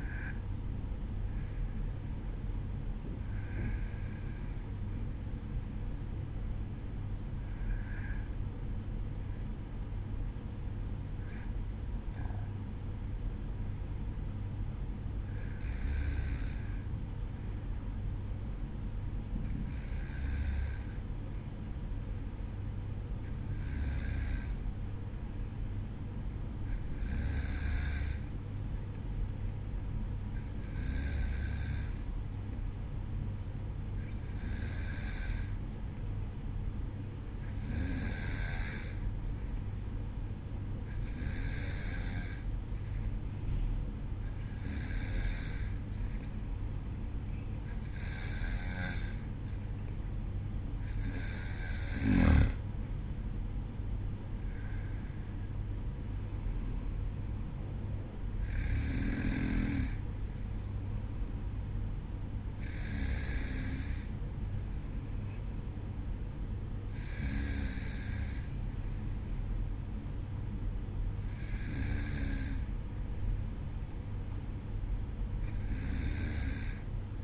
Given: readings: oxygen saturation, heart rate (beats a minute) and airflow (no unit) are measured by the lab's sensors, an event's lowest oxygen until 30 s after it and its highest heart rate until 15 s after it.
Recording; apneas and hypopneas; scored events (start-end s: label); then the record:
breathing in sleep by a smartphone at the bedside; 1
6.00-51.80 s: hypopnea (N2, oxygen 95% highest, then 93% lowest, heart rate 54 at the start, 56 highest)
From the record:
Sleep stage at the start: N2 (light sleep); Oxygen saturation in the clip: 93 to 95%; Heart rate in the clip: 52 to 56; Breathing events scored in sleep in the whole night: 305 in 9.6 hours asleep